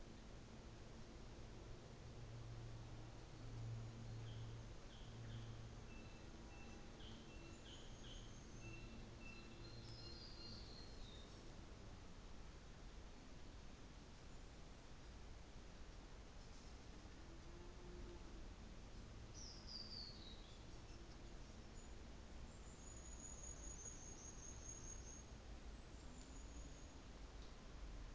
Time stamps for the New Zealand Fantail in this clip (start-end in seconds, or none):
3.31-6.74, 7.15-8.99, 16.38-16.76, 21.65-25.32, 25.92-27.14